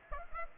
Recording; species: mosquito wingbeat signal from an infrared sensor; Aedes aegypti